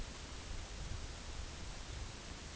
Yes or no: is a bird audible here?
no